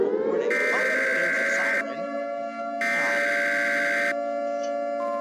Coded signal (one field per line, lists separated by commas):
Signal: Emergency Alert System (SAME) tones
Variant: header bursts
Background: speech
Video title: WHAT?!- Reacting to EAS Scenarios (Part 1!)